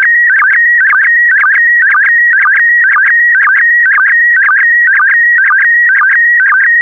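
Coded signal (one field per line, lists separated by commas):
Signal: SSTV (slow-scan television)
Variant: PD120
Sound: warbling electronic tone with rapid regular chirpy ticks, about two per second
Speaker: the next image transmission will start in 10 seconds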